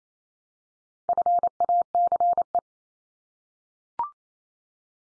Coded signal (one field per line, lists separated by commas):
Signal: Morse code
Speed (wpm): 28 wpm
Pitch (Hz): 700 Hz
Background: none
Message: FACE